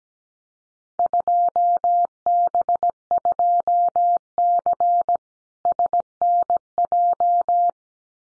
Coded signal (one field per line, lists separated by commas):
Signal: Morse code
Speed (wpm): 17 wpm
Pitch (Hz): 700 Hz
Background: none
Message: 2B2C SNJ